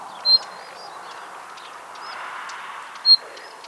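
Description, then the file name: Common nightingale with two sharp, high whistled call notes roughly three seconds apart; faint chirps from other birds and a constant low rushing noise behind. "Luscinia megarhynchos"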